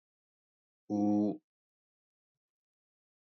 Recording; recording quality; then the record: sustained vowel as in boot; excellent, no background noise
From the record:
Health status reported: healthy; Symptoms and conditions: none ticked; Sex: male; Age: 33 years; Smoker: not ticked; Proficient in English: yes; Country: India